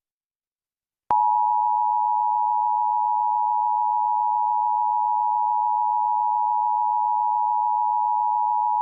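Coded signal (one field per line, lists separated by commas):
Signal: Emergency Alert System (SAME) tones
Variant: 853 and 960 Hz attention tone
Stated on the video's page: EAS tones of a tornado warning of the particularly dangerous situation kind, apparently via NOAA Weather Radio.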